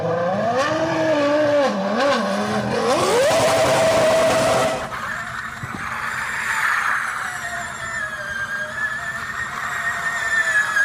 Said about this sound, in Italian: Allora vorrei fare ascoltare i nostri ascoltatori la differenza. Sentiamo da un audio com'è il motore della Formula 1 e quello della Formula E.